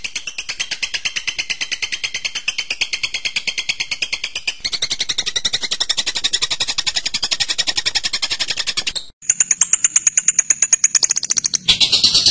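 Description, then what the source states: Bird song: long, fast, buzzy chattering with steady pulsing, a short gap near nine seconds, then thin high piercing notes repeated quickly. Masteran birdsong recording used for training birds.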